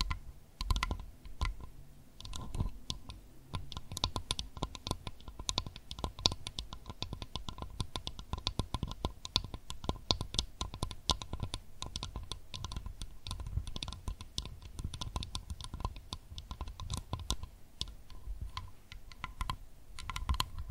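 Steady, rapid tapping runs through the whole clip with no talking, sharp clicky taps coming many times a second much like typing on a keyboard. The taps are dense and fairly even, bright at the top with a soft low thump beneath each.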